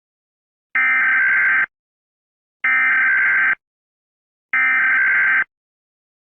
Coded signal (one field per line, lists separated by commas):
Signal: Emergency Alert System (SAME) tones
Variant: header bursts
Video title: EAS Scenario #3: Time Loop